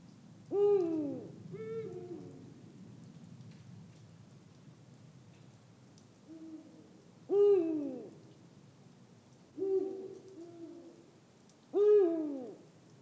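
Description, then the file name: Eurasian eagle-owl hoots, deep downslurred calls repeated irregularly, four louder ones with softer hoots between them. "Der Uhu Ruf Voegel in Europa"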